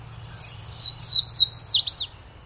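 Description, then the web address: Swainson's Warbler song: clear slurred whistles in a steady series, the last notes rising and twisting, over a faint low rumble. "Birdnote. Swainsons Warbler"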